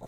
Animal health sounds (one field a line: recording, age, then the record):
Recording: pig call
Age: piglet (1 to 25 days)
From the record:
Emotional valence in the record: negative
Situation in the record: long isolation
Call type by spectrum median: low-frequency call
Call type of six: low-frequency stable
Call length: 0.08 s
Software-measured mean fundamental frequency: 43 Hz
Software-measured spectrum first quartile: 187 Hz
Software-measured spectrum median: 476 Hz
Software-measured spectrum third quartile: 742 Hz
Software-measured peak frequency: 650 Hz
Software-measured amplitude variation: 93 dB a second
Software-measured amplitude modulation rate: 19.3 a second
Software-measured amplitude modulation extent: 4.8 dB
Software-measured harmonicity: 0.1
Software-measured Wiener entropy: -0.06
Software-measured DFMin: 525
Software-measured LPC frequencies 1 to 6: 655, 3786, 5457, 6247, 6886, 7550 Hz